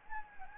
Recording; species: mosquito wingbeat signal from an infrared sensor; Anopheles gambiae